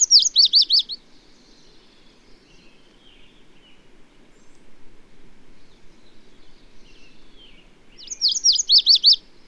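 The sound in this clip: Bird song: a short burst of fast, high, zigzag notes, soft twittering in the gap, then a second matching burst about eight seconds later.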